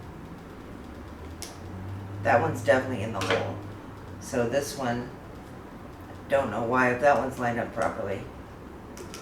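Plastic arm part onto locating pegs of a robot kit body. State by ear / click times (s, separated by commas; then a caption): not seated / none. Someone talks while pressing a plastic part of a robot kit's right arm assembly onto its locating pegs on the body, with brief faint taps around 1.4 s and near 9.0 s. One peg sits in its hole, but the other has not clicked in yet; nothing has seated.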